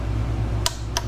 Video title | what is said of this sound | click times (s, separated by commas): How-To Install New Front Brake Rotors/Discs On Yamaha V-Star 1100 | and I'm going to till it clicks | 0.7 s, 1.0 s